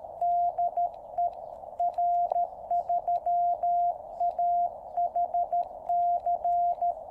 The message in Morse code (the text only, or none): DE R3AHC